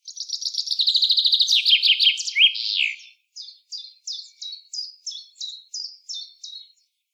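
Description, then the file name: Common chaffinch singing, a fast trill of high notes descending into a flourish, followed by a string of short sharp chirps repeated about every third of a second. "Fringilla coelebs"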